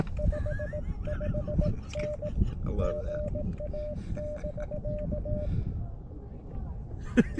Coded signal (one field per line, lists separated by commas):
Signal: Morse code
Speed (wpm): 18 wpm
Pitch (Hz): 600 Hz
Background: speech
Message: 55N GA <BK>